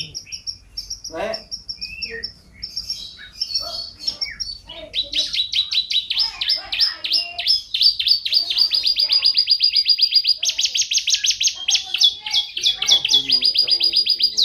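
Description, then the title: Bird song, varied high chirps and whistles at first, then fast rapid trills of repeated notes, several notes a second, shifting in pitch through the phrase. "Suara Kicau Burung"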